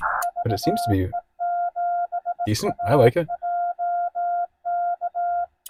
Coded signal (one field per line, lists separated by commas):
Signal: Morse code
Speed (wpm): 18 wpm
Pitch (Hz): 700 Hz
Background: speech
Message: VE7AJK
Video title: Parks on the Air CW Newbie Activation: West Shawnigan Provincial Park CA-4281